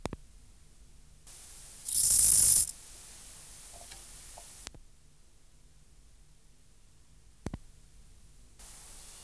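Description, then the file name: Grasshopper song as one short, loud, hissing rasp under a second long, with a few clicks before and after. "Chorthippus"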